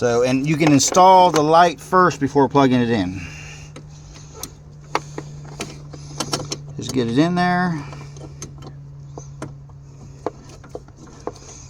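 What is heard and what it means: Someone talks while handling a Lasfit LED headlight bulb at the headlight housing socket of a 2021 Kia Forte, getting it in place to be pushed and twisted in. Brief sharp ticks and taps come through a steady low hum, the loudest near 5.0 s. Nothing has seated or clicked yet; the bulb is not locked in.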